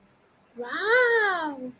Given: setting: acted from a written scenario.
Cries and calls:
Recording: vocal sound without words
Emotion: positive surprise

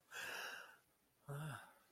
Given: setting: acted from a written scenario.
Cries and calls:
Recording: vocal sound without words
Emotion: negative surprise

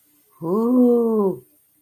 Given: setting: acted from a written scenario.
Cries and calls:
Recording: vocal sound without words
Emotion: elation

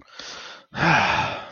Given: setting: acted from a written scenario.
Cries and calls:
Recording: vocal sound without words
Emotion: contentment

